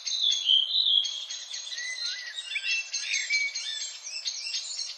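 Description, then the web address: Redwing singing a steady run of high, chattering, squeaky twitters with a few clearer whistled notes mixed in. "HGW birds \ \aves Rodvingetrast"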